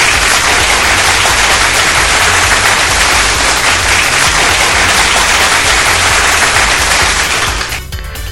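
Loud, dense applause from a crowd, a steady wash of many hands clapping with no talking over it, holding for about eight seconds before cutting off abruptly.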